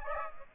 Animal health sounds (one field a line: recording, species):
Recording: mosquito wingbeat signal from an infrared sensor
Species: Aedes aegypti